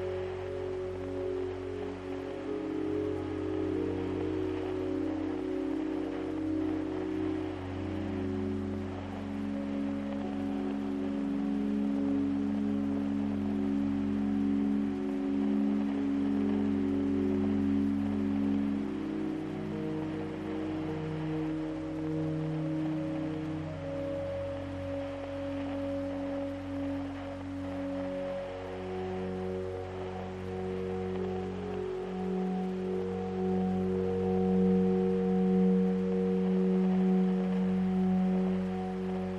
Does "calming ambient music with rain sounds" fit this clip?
yes